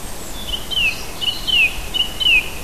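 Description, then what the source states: Bird song: a few short phrases of clear whistled notes sliding downward, over steady background hiss. Native bird in a hedgerow habitat, June.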